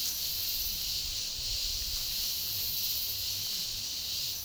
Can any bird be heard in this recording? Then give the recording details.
no. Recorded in dense forest near Puerto Asís, Putumayo, Colombia, on 21 February 2024 at 14:00. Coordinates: 0.503, -76.322. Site G6418